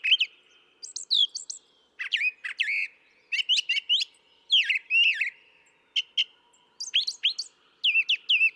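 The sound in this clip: Brown thrasher song, a rapid series of varied whistled and chirping phrases, many repeated twice, with short gaps between.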